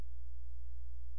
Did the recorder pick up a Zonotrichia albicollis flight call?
no